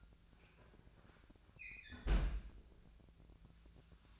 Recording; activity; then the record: daily activity, microphone in the room; close fridge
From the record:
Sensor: 2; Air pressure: 1009.6 hPa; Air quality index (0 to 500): 182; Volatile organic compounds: 11 ppm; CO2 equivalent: 2275 ppm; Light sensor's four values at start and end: 27/65/28/31 and 27/65/28/31